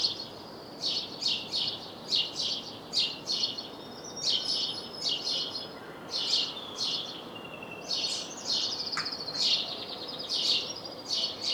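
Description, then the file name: House sparrow chirps, short bright notes repeated in rapid bursts throughout, over a steady low background hiss. "Passer domesticus"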